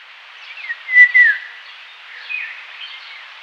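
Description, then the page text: Indian golden oriole whistling a short, mellow, slurred phrase that dips downward, followed by softer fluty notes against steady background hiss. "Indian Golden Oriole Song. Quick Sounds"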